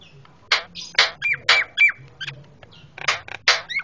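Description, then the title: Javan myna uttering loud harsh squawks and rasps in irregular bursts, interspersed with brief whistled notes. Noisy Javan myna calls used as master recording for training cage birds. "Jalak Kebo Master Suara Super Berisik Buat Masteran"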